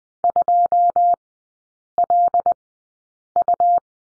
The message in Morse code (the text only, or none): 2LU